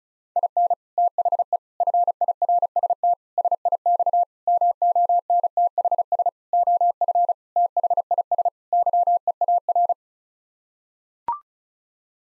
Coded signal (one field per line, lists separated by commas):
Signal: Morse code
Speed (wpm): 34 wpm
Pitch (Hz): 700 Hz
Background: none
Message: IN THE FIRST SIX MONTHS OF THIS YEAR